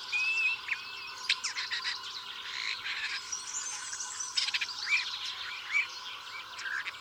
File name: woodchat shrike omkicau